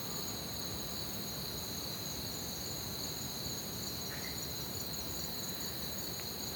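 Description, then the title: Crickets chirping in a steady, continuous high trill with two bright bands, over a low rumbling hiss. Crickets chirping at night in an orchard, recorded from a balcony with a Zoom H6. "Crickets Under Stars"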